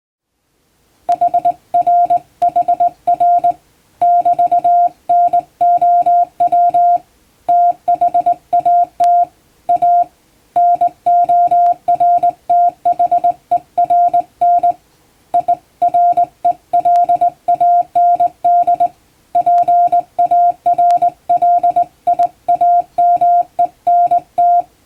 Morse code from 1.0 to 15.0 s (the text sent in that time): HRHR <BT>NOW THAT A NORTHERN